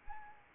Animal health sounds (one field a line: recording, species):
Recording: mosquito wingbeat signal from an infrared sensor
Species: Anopheles arabiensis